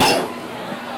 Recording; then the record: coughing mixed with background sound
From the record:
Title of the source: Coughing 77